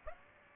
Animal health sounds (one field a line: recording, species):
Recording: mosquito wingbeat signal from an infrared sensor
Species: Aedes aegypti